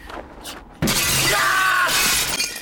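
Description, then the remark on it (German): A sudden loud crash of breaking glass as large glass shards are knocked out, then a dense, bright clatter of shards tumbling and scraping for over a second before fading out. Nobody speaks. “Lass erstmal gemeinsam die großen Scherben daraus schlagen.”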